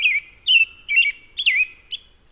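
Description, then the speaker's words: American Robin song: a run of five short whistled phrases about every half second, then the start of another at the end. The Meskwaki name for the robin, chi-chi-kakwaha, is thought to come from its song's pattern, which starts with chi-chi-chi. "so that I thought, well, you know, that's probably how they started making the word for the robin."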